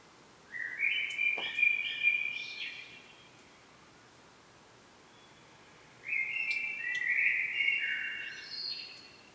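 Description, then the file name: Common blackbird song: two mellow whistled phrases about five seconds apart, each warbling and ending in higher twittery notes. "Turdus merula"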